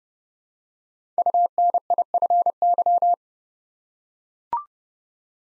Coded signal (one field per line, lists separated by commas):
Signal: Morse code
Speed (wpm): 30 wpm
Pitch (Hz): 700 Hz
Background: none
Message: UNIFY